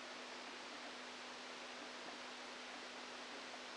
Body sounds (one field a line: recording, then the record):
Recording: brain microelectrode recording played as sound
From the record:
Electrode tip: outside the subthalamic nucleus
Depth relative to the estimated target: -8 mm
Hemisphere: left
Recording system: NeuroSet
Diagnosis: Parkinson's disease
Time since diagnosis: 13 years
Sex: male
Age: 49 years